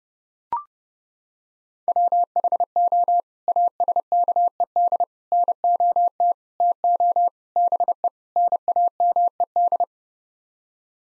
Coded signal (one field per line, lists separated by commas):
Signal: Morse code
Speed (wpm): 30 wpm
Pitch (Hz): 700 Hz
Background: none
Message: WHO ASKED NOT TO BE NAMED